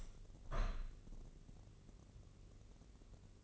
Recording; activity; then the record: daily activity, microphone in the room; open window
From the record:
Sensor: 4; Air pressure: 1013.2 hPa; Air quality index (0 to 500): 166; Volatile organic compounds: 2 ppm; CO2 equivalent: 1050 ppm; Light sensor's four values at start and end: 40/98/40/41 and 41/100/41/42